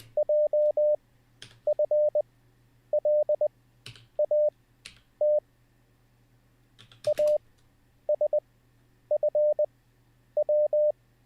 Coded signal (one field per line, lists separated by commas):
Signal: Morse code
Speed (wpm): 20 wpm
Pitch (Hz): 600 Hz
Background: none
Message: JFLAT ASFW